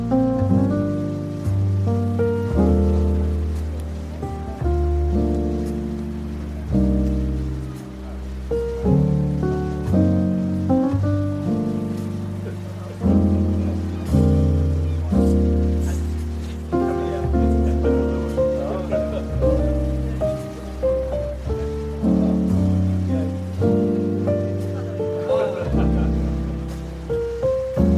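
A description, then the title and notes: Beach cafe ambience led by soft coffee shop music: warm, sustained chords with a full low bass, shifting every second or two at an unhurried, even pace. The level stays steady throughout, with a faint wash of noise running underneath. Beach Cafe Ambience With Relaxing Coffee Shop Music, Ocean Waves, Soft Chatter.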